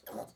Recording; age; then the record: pig call; piglet (1 to 25 days)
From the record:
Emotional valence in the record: negative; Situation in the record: restrain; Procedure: back test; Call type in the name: low-frequency call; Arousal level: maximum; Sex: female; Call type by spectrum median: low-frequency call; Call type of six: low-frequency tonal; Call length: 0.36 s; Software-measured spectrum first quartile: 535 Hz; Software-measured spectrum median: 1102 Hz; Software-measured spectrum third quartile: 8001 Hz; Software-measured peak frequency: 578 Hz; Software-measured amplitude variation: 202 dB a second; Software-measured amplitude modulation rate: 18.3 a second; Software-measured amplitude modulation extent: 11.1 dB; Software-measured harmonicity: 3.0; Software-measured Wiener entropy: -3.17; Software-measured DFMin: 1199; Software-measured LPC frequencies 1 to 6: 618, 1635, 3252, 4208, 5676, 6502 Hz